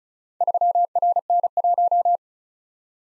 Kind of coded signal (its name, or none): Morse code